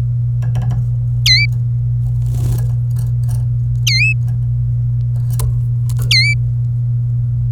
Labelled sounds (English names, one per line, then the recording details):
Domestic Canary song
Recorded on 26 April 2018 at 16:25
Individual llb3